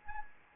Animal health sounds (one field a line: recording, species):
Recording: mosquito wingbeat signal from an infrared sensor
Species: Anopheles arabiensis